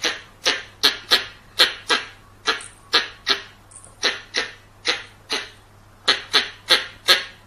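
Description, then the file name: Squirrel chattering in uneven bursts of harsh, noisy chirps, with a brief high squeak in one gap and a soft continuous hum in the background. "Tieng Soc Bong keu"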